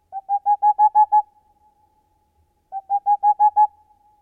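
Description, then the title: Boreal owl song: two quick bursts of rapid, even, hollow hoots, of six or seven notes each, separated by a short pause. "Viikon luontoääni: Helmipöllö"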